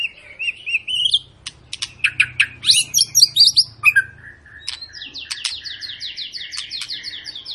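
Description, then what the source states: White-rumped shama song starting with looping whistles, then loud chattering bursts and a fast repeated series of high downslurred notes. Long, lively (gacor) lure song to make birds sing.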